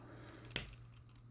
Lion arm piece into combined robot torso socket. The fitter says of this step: all right there's that one snapped into place now with the legs